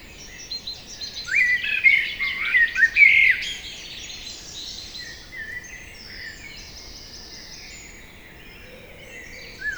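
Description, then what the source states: Common blackbird singing a few seconds of fluty, slurred whistles mixed with squeaky notes, then fading into soft high chirping from other birds. Evening chorus at Lac de Barterand, Magnieu, France; blackbird singing trills from a tree by the lake; recorded with Sennheiser MKH8040 ORTF stereo microphones and a Zoom F8.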